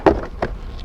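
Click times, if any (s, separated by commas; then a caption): 0.4 s. A plastic glovebox is refitted into a Subaru (Forester, Crosstrek, Impreza) dashboard after a cabin air filter change: its hinge openings go onto the flats, and it is pushed up until the rear hooks click in. A loud knock opens the clip, then a sharp click at 0.4 s as the hooks seat, followed by a faint tick near 0.8 s. The glovebox is seated.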